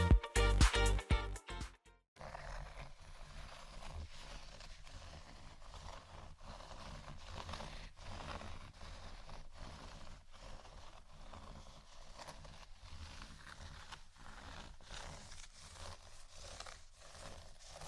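Scratching sounds, starting with a few loud, choppy bursts in the first two seconds, then a cut to a quieter, steady rasping texture. The scratching continues for the rest of the clip with small, fairly regular strokes and faint low rumble underneath.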